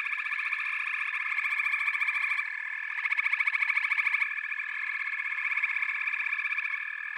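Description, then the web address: Many frogs in chorus, a steady ringing trill with a burst of quick, loud pulses between three and four seconds. "The Natural Sounds of the Wilderness. Echoes of Nature - Frog Chorus"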